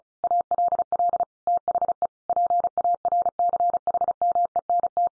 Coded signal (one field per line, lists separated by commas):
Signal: Morse code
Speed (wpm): 34 wpm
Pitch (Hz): 700 Hz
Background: none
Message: ALL THE PARCHMENT